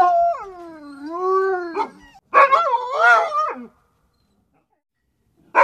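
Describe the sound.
Dog yowling in a long drawn-out harmonic wail that dips and rises in pitch, followed by a shorter, wavering cry after a brief pause.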